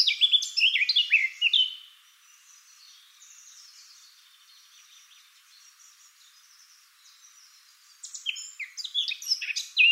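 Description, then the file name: Eurasian blackcap song: a loud, rapid warble opens, then a soft, subdued twittering continues, before another loud burst of varied chirps and whistles closes. "Sylvia atricapilla"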